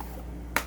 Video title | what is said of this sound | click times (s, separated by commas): How to Change Belt on Oreck XL Vacuum Tutorial - Intellitech Studios | slide it back on until it clicks into place. | 0.6 s